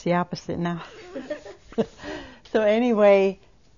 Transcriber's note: she laughs